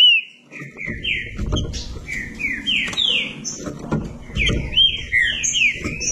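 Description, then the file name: Green-winged saltator song with sweet whistled slurs, some rising, some dropping, spaced unevenly, with a low rumbling background. "canto do trinca ferro"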